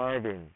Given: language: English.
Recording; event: throat vibration sensor signal played as sound; speech